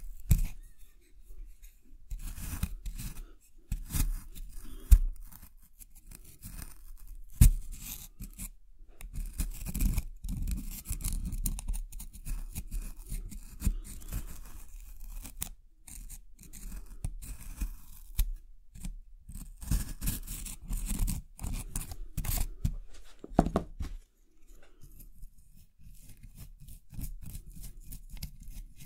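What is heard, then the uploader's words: Scraping and scratching with small excavation tools in a soaked plaster block. Dense bursts of gritty, crackling strokes come in quick, irregular runs with brief pauses, and a couple of sharp clicks land near five and seven seconds. In a water-soaked block of plaster. Sounds maked with an excavation kit, like archaeological excavation.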